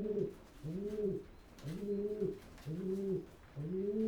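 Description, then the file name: Pigeon giving low, rounded coos, five bowed notes in quick succession about once a second, each rising then falling. "holub"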